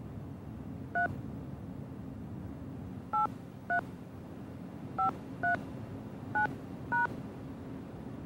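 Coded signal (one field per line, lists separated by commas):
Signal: DTMF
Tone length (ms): 120 ms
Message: 3 83539#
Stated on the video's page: Touch-tone buttons dialed on a pay phone to enter starting and destination addresses into a computer direction system.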